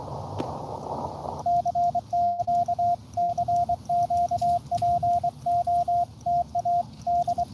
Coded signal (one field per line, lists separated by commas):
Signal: Morse code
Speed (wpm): 23 wpm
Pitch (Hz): 700 Hz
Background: radio noise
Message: C<KA> CQ POTA D